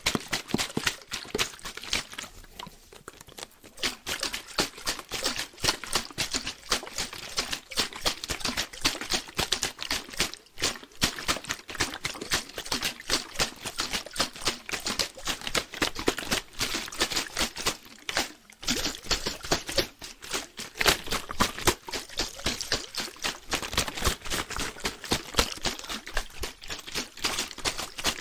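Water bottles are shaken and tapped in a dense, continuous stream of quick clicks, knocks and sloshing. The bright, crackly texture stays busy throughout, with brief near-silent gaps around 3, 10, 18 and 24 seconds before the rapid tapping resumes.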